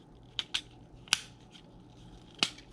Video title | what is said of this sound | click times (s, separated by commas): Tambeyoda Reviews: Transformers Earthrise Astrotrain | There we go. All right, so it's all locked into place. | 2.4 s